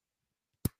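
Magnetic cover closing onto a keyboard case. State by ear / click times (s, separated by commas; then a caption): seated / 0.7 s. A magnetic cover is closed onto a keyboard case, and it clicks shut at 0.6 s with a single small, sharp click. A few faint soft sounds come before it, and the cover is confirmed seated.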